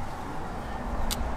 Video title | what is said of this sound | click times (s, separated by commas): HOW TO FIX EVAP LEAK CODE ON A DODGE DURANGO (CODE P0456) | make sure it clicks in all the way | 1.1 s